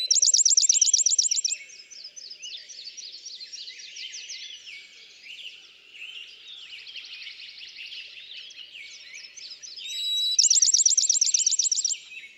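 Bachman's sparrow song, two phrases: a quick ringing trill at the start and another whistle-led trill near the end, separated by a dense background of varied bird chatter.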